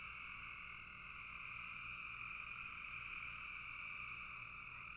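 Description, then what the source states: Many frogs trilling together in an even, unbroken high chorus that keeps the same pitch and loudness, over a low background rumble. Frogs in a bog.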